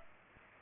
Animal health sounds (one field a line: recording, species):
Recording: mosquito wingbeat signal from an infrared sensor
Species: Culex pipiens